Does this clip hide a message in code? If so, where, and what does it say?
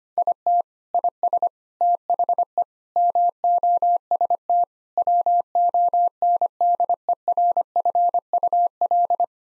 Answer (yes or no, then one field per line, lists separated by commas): yes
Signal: Morse code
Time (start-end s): 0.2-9.2 s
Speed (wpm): 25 wpm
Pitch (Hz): 700 Hz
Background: none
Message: IT IS THE MOST WONDERFUL